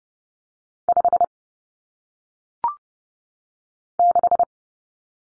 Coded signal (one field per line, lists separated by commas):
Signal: Morse code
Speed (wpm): 30 wpm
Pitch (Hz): 700 Hz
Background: none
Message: 56